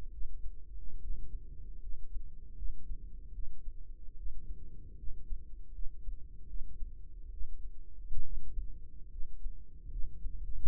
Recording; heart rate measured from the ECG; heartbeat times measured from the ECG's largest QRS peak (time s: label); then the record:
heart sounds by microphone in the right ear; 74 bpm
0.13 s: heartbeat
1.01 s: heartbeat
1.81 s: heartbeat
2.57 s: heartbeat
3.34 s: heartbeat
4.17 s: heartbeat
4.98 s: heartbeat
5.73 s: heartbeat
6.48 s: heartbeat
7.32 s: heartbeat
8.24 s: heartbeat
9.10 s: heartbeat
9.91 s: heartbeat
From the record:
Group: healthy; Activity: rest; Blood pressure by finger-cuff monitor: 109/68 mmHg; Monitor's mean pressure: 78 mmHg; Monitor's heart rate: 74 bpm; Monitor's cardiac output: 5.7 L/min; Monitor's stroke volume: 77 mL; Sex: female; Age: 36 years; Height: 163 cm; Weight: 88 kg